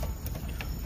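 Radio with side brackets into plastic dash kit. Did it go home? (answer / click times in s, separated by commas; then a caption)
no / none. A double DIN radio with its side brackets is test-fitted into a plastic dash kit for a 1995 Chevy Silverado, with low rumbling handling noise and a brief sharper tap around 0.6 seconds. Nothing has seated or clicked into place yet.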